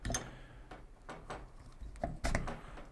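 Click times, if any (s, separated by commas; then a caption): 2.0 s, 2.2 s, 2.4 s. During maintenance of an SSG96 airsoft bolt-action sniper rifle, the part that connects the stock and the barrel, which makes the gun more stable, is pressed into place in the stock. A few handling knocks come near the start, then sharp clicks at 2.0, 2.3 and 2.4 seconds as the part clicks into place. It is seated.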